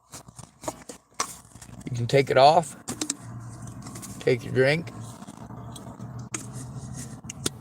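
A snap-on plastic cover on a drink can or cup, meant to keep bees and dropped-in roofies out, is handled while someone talks, with scattered sharp plastic taps and scrapes throughout. The cover is being taken off and worked back toward the top of the drink, but nothing has seated or clicked into place yet.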